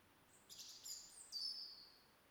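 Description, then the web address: European robin song, soft very high tinkling notes in short bursts, ending with a thin sliding whistle; low background hiss. "SETE Erithacus rubecula"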